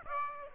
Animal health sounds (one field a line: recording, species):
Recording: mosquito wingbeat signal from an infrared sensor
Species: Aedes aegypti